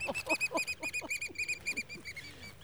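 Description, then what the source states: Oystercatcher calls: rapid series of sharp, high piping notes, several a second, fading slightly toward the end. Oystercatchers flying in to a beach near a marina in the Straits and Whidbey Island area; high-pitched calls.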